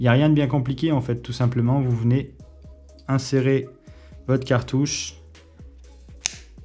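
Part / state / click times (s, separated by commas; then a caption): pod cartridge into vape pen body / seated / 6.3 s. A plastic e-liquid pod cartridge is inserted into the body of a Vype ePen 3 pen-style e-cigarette while someone talks over quiet background music. After a few soft handling sounds, the pod snaps home with a sharp click at 6.3 s and is seated.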